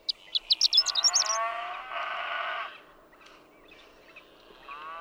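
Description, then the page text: Horned lark song, quick high stuttered notes running into a brief flourish, overlapped by drawn-out cattle mooing. Daytime intermittent singing, a few stuttered notes rising to a rapid slurred flourish, with cattle; Marble Hot Springs Road, Sierra Valley, California, 7 June 2001. "Horned lark. Daytime "intermittent singing," a few stuttered notes that rise to a rapid, slurred flourish, with cattle. June 7, 2001. Marble Hot Springs Road, Sierra Valley, California."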